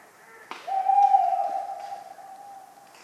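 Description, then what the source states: Tawny owl hoot: a sharp click is followed by a long, level, mellow hoot that slowly fades away. Cold autumn night, 11 November 1995, at the Ménigoute ornithological film festival, France; a talkative owl; regular falling acorns.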